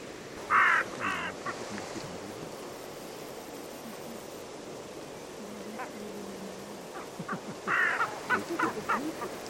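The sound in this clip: Bird, harsh caw-like calls: a pair of loud calls near the start, then a quicker series of shorter calls near the end, over steady low background noise.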